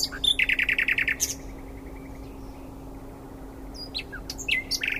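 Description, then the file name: Common nightingale song: a rapid series of loud repeated notes, a faint trill and a pause, then whistles and a short series of repeated notes; steady low hum underneath. "Luscinia megarhynchos"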